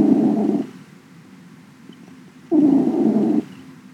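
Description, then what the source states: Purring cat, two strong low rumbling pulses each under a second long, separated by a gentler continuous purr. Cat named Max purring, 20 September 2017.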